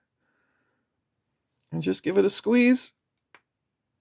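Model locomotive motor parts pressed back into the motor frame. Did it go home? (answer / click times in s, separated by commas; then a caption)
yes / 3.3 s. Someone talks, then squeezes the reassembled motor parts of a prewar 1668E toy train locomotive with channel-lock pliers to press them back into the motor frame. A sharp snap-like click is heard at 3.4 seconds as the parts lock back into position, seated without anything snapping or breaking.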